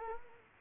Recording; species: mosquito wingbeat signal from an infrared sensor; Culex quinquefasciatus